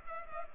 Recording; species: mosquito wingbeat signal from an infrared sensor; Culex pipiens